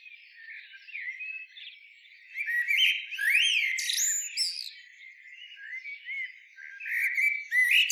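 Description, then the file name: Common blackbird giving varied whistled phrases with rising sweeps and thin high twittering notes, louder bursts in the middle and again near the end. "Turdus merula"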